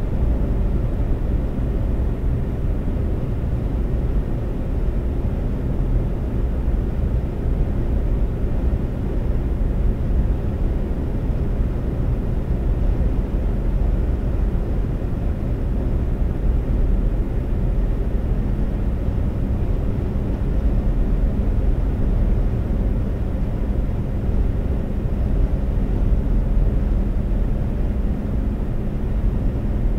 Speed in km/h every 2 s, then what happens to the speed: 130, 130, 130, 132, 132, 132, 132, 132, 134, 132, 132, 132, 132, 130, 132.
0-30 steady at about 132.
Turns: none.